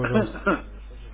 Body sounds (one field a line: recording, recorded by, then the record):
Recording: voluntary cough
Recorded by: telephone call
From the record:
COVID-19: positive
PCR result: checked with the laboratory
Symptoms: no